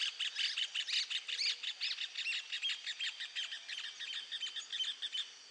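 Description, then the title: Cattle tyrant giving a fast, steady run of sharp, squeaky chattering notes, high-pitched and continuous throughout. "LuckyPassaro Completos2Sama. Cattle Tyrant (Machetornis rixosa)"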